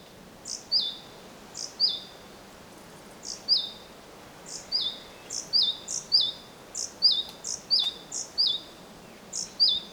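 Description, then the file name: Great tit calls, a high bright note followed by a down-slurred whistle, repeated in quick pairs and runs throughout over faint background hiss. "Parus major"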